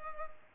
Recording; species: mosquito wingbeat signal from an infrared sensor; Culex pipiens